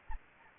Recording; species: mosquito wingbeat signal from an infrared sensor; Anopheles gambiae